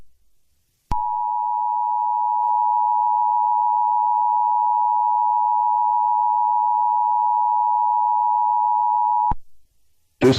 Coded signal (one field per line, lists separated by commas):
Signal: Emergency Alert System (SAME) tones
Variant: 853 and 960 Hz attention tone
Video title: EAS Scenario #11: When The Bird comes out of its home